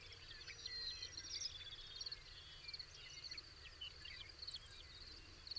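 Birds singing in a busy chorus of short chirps and twittering phrases, over a steady high insect-like drone and low rumbling background noise.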